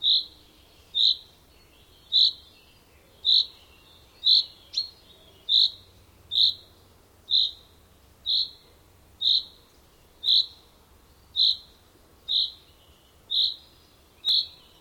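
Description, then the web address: Bird giving a single short high note roughly once a second, over a dozen times, steady and even, over a low continuous background hiss. "madarak enek"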